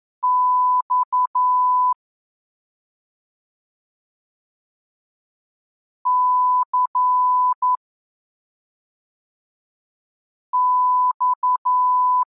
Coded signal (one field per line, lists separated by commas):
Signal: Morse code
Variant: Russian alphabet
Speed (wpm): 11 wpm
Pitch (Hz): 1000 Hz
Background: none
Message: Ь Ц Ь